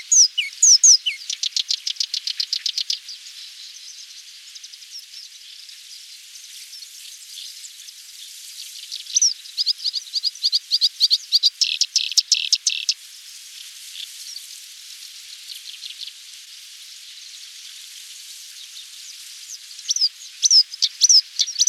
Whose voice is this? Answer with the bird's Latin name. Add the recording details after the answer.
Acrocephalus bistrigiceps. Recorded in the wild. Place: Zha Long NSG, CN. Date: 1996-06-06. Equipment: Dat-Recorder Casio DA 7, Telinga DAT, Telinga-Parabolspiegel. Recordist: Schwarz, Dieter. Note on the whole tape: Song